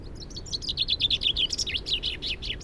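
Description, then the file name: Chaffinch song fragment: rapid V-shaped high notes, set against low rumbling background noise. "Fringilla coelebs"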